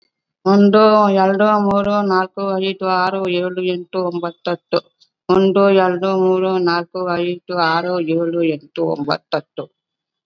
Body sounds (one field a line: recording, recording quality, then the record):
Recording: counting at a fast pace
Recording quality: excellent, no background noise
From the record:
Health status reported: COVID-19 positive, mild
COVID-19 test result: positive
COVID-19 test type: RT-PCR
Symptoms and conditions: cough, fever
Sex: female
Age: 65 years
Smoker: no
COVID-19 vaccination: both doses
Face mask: worn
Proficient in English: yes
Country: India